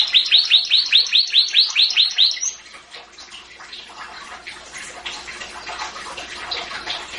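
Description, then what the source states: Atlantic canary song opening with a quick run of many bright notes, then a quieter busy stretch of soft twittering and scratchy notes. Described as a champion songbird.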